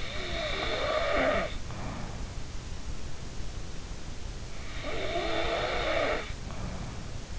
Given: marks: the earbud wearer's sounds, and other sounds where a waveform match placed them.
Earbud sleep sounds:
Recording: sounds in sleep by an in-ear microphone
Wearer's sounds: snoring breath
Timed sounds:
0.00-2.26 s: snoring breath
4.80-7.30 s: snoring breath

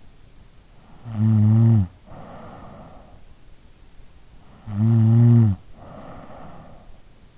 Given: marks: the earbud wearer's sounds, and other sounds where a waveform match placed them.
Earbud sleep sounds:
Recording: sounds in sleep by an in-ear microphone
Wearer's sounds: snoring breath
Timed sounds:
0.88-3.26 s: snoring breath
4.50-7.21 s: snoring breath

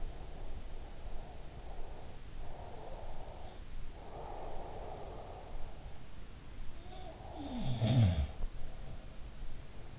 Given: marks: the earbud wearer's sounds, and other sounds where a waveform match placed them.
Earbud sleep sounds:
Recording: sounds in sleep by an in-ear microphone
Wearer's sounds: breath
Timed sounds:
0.00-2.16 s: breath
2.32-5.91 s: breath
6.71-9.23 s: sound from someone else or the room
9.63-9.99 s: sound from someone else or the room

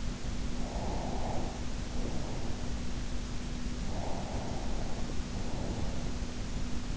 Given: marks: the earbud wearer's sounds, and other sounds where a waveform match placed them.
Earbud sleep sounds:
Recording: sounds in sleep by an in-ear microphone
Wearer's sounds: breath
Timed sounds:
0.67-2.62 s: breath
3.92-5.94 s: breath

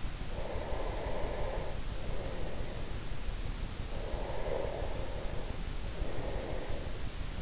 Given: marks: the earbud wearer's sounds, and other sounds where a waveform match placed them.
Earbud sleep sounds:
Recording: sounds in sleep by an in-ear microphone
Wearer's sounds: breath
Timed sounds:
0.03-3.24 s: breath
4.06-7.42 s: breath

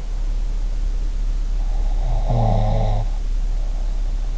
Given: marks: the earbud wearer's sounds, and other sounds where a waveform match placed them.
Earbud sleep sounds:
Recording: sounds in sleep by an in-ear microphone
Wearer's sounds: snoring breath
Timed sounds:
1.88-3.99 s: snoring breath

